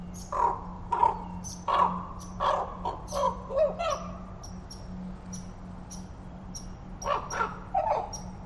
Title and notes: Totem Park Wildlife. A raven calling in the forest reminded me of a time I was walking through the park with visiting Australians